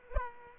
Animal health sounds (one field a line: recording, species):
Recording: mosquito wingbeat signal from an infrared sensor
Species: Aedes aegypti